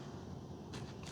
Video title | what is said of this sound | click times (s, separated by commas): MF-A84 - P-47 - 690mm - RTF FPV - Unbox & Maiden Flight | It doesn't snap. Okay. | none